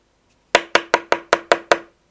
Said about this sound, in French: On frappa tout à coup à la porte, et il entendit en dehors la voix de Lord Henry.